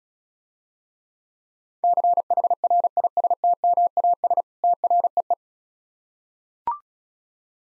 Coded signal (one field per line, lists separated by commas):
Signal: Morse code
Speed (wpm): 34 wpm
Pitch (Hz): 700 Hz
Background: none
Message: CHRISTMAS TREE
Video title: Easy Words - Speed-Racing with Hints - 28wpm